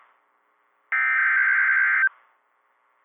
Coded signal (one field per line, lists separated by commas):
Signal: Emergency Alert System (SAME) tones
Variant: header bursts